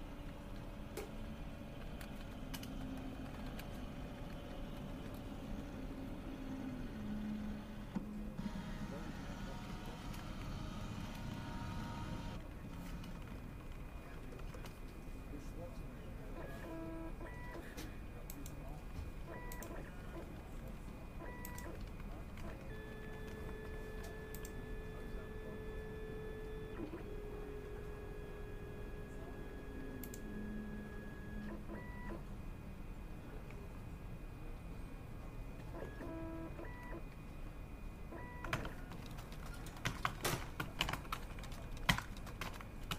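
Office ambience with a steady low hum and murmur of voices throughout, and a copier running in bursts around 8 to 13 seconds. Short electronic tones recur near the middle, and a cluster of sharp clicks and taps arrives near the end.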